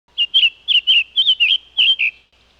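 Summer tanager singing a brisk phrase of short, slurred whistled notes in quick pairs, about ten notes in about two seconds.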